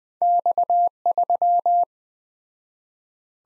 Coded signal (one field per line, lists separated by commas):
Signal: Morse code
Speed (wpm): 20 wpm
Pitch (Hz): 700 Hz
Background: none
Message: X3